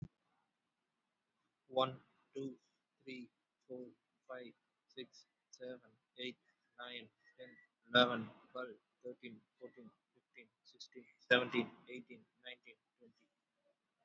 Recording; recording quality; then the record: counting at a normal pace; excellent, no background noise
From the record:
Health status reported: exposed to COVID-19, no respiratory illness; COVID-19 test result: negative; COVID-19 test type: RT-PCR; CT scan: taken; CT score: 1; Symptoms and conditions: none ticked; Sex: male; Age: 30 years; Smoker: no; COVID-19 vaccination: one dose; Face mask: worn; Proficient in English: yes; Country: India